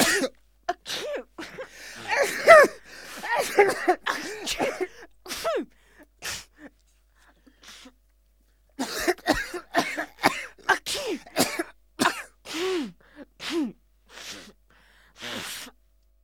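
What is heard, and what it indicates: Repeated short explosive bursts with voiced inhalation sounds, several in quick succession with a pause near the middle, from two adult voices. Acted sneezes by a man and a woman, a sound effect.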